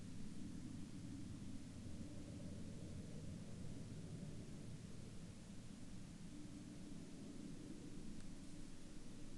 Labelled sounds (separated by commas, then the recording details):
aircraft
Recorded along the Dempster Highway, Canada, on 21 October 2019 at 13:21
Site 16